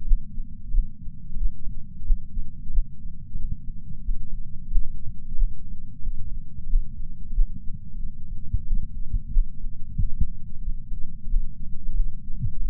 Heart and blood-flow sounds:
heart sounds by patch sensor on the chest; 91 bpm
0.07 s: heartbeat
0.73 s: heartbeat
1.40 s: heartbeat
2.06 s: heartbeat
2.62 s: heartbeat
3.39 s: heartbeat
4.05 s: heartbeat
4.71 s: heartbeat
5.37 s: heartbeat
6.03 s: heartbeat
6.69 s: heartbeat
7.35 s: heartbeat
8.01 s: heartbeat
8.67 s: heartbeat
9.32 s: heartbeat
9.98 s: heartbeat
10.64 s: heartbeat
11.29 s: heartbeat
11.95 s: heartbeat
12.61 s: heartbeat
From the record:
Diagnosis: coronary artery disease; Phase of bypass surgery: postoperative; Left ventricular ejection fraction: 56.9%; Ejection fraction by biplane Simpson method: 54%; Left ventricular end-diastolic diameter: 47 mm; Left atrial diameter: 43 mm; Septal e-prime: 5 cm/s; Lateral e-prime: 5.3 cm/s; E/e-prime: 10.9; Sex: male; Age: 77 years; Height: 160 cm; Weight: 79.5 kg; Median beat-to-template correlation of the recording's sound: 0.62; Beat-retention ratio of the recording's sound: 1.00

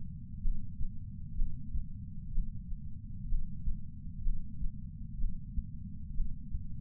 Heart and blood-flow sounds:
heart sounds by patch sensor on the chest; 63 bpm
0.42 s: heartbeat
1.36 s: heartbeat
2.33 s: heartbeat
3.29 s: heartbeat
4.23 s: heartbeat
5.19 s: heartbeat
6.15 s: heartbeat
From the record:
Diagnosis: coronary artery disease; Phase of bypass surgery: preoperative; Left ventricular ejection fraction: 36.6%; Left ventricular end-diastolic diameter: 43 mm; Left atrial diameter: 33 mm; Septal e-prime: 3.9 cm/s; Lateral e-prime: 8 cm/s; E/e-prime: 10.3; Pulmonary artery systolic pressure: 22 mmHg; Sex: female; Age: 80 years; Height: 150 cm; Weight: 49 kg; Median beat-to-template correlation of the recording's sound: 0.90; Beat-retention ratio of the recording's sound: 0.98

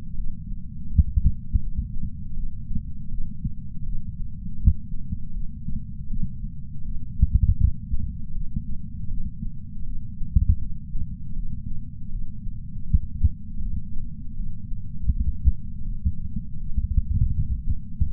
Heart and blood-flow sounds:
heart sounds by patch sensor on the chest; 80 bpm
0.16 s: heartbeat
0.89 s: heartbeat
1.61 s: heartbeat
2.35 s: heartbeat
3.10 s: heartbeat
3.85 s: heartbeat
4.58 s: heartbeat
5.33 s: heartbeat
6.09 s: heartbeat
6.84 s: heartbeat
7.58 s: heartbeat
8.33 s: heartbeat
9.09 s: heartbeat
9.85 s: heartbeat
10.60 s: heartbeat
11.35 s: heartbeat
12.11 s: heartbeat
12.86 s: heartbeat
13.61 s: heartbeat
14.36 s: heartbeat
15.10 s: heartbeat
15.84 s: heartbeat
16.59 s: heartbeat
17.32 s: heartbeat
18.05 s: heartbeat
From the record:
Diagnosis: coronary artery disease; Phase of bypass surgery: preoperative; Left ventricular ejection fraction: 51.7%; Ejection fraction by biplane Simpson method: 50.1%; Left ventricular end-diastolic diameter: 56 mm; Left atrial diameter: 44 mm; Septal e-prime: 6.6 cm/s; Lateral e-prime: 7.4 cm/s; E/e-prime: 12.8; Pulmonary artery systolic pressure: 46 mmHg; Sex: female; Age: 69 years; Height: 155 cm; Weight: 70 kg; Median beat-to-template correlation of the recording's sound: 0.76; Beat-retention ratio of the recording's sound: 0.97

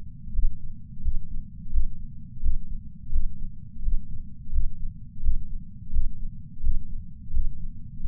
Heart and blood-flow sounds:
heart sounds by patch sensor on the chest; 86 bpm
0.33 s: heartbeat
1.03 s: heartbeat
1.71 s: heartbeat
2.42 s: heartbeat
3.12 s: heartbeat
3.83 s: heartbeat
4.52 s: heartbeat
5.22 s: heartbeat
5.92 s: heartbeat
6.63 s: heartbeat
7.33 s: heartbeat
8.04 s: heartbeat
From the record:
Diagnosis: coronary artery disease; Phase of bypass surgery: postoperative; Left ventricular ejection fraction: 53.3%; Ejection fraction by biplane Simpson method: 55.1%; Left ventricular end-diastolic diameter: 44 mm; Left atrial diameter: 43 mm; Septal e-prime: 6 cm/s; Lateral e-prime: 8.6 cm/s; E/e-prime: 11.9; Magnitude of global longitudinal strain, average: 15.4%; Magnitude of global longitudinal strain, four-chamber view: 16.2%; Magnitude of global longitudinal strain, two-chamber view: 15.5%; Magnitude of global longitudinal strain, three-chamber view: 14.5%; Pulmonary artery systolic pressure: 30 mmHg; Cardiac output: 3.65 L/min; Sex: male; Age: 64 years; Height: 175 cm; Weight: 85 kg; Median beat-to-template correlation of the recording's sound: 0.88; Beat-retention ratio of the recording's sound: 1.00

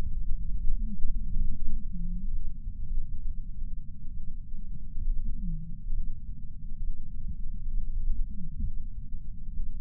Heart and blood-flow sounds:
heart sounds by patch sensor on the chest; 67 bpm
0.50 s: heartbeat
1.40 s: heartbeat
2.31 s: heartbeat
3.23 s: heartbeat
4.13 s: heartbeat
5.02 s: heartbeat
5.93 s: heartbeat
6.83 s: heartbeat
7.72 s: heartbeat
8.62 s: heartbeat
9.52 s: heartbeat
From the record:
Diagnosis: coronary artery disease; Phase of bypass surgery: preoperative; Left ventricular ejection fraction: 52.3%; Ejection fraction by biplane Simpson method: 38%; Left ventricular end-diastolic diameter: 62 mm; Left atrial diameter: 45 mm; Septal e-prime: 4 cm/s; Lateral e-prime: 7 cm/s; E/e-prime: 12.2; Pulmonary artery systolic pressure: 24 mmHg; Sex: male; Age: 61 years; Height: 174 cm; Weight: 80 kg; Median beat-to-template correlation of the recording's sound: 0.91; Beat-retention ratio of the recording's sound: 0.97

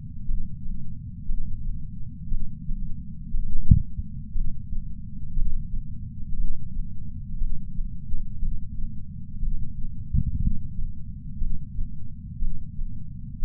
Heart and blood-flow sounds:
heart sounds by patch sensor on the chest; 59 bpm
0.25 s: heartbeat
1.25 s: heartbeat
2.28 s: heartbeat
3.30 s: heartbeat
4.32 s: heartbeat
5.33 s: heartbeat
6.36 s: heartbeat
7.38 s: heartbeat
8.38 s: heartbeat
9.39 s: heartbeat
10.40 s: heartbeat
11.38 s: heartbeat
12.38 s: heartbeat
13.38 s: heartbeat
From the record:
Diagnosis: coronary artery disease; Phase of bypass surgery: preoperative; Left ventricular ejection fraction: 61.7%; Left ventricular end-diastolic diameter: 51 mm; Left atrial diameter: 34 mm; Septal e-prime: 7.2 cm/s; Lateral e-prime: 9.6 cm/s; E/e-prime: 6.5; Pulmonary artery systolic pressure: 19 mmHg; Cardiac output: 4.98 L/min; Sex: male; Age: 62 years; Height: 172 cm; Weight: 60 kg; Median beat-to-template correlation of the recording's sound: 0.89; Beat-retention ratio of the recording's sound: 1.00

